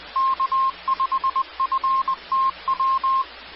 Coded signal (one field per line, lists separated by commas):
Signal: Morse code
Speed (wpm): 20 wpm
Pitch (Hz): 1060 Hz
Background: none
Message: K5FTW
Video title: 2014-04-04 - K5FTW 146.940 Mhz Tarrant County RACES/ARES